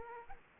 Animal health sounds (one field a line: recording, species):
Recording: mosquito wingbeat signal from an infrared sensor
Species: Aedes aegypti